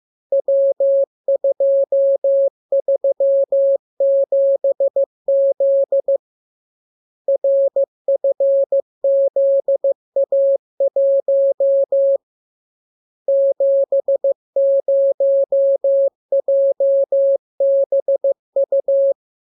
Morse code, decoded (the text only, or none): W237Z RFZA1 70JBU